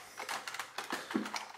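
The plastic front section of a bootleg Robot Cosmic Black Pickup Truck transforming toy is tipped over and rotated on its hinge axle toward the body. Only light, rattling plastic ticks are heard in short bursts across the clip. Nothing has clicked into place yet.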